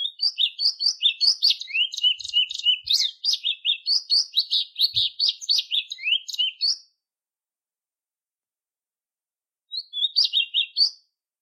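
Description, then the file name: Plumbeous Seedeater song, a rapid run of sweet whistled and buzzy notes jumping up and down for nearly seven seconds, silence, then a brief closing phrase. "canto da patativa"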